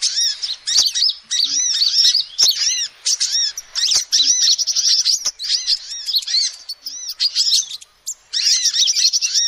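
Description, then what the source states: Lovebird chatter, a fast stream of piercing squeaks and chirps in long bursts broken by short pauses, with scattered clicks. Lovebird calls used as a lure to trap birds.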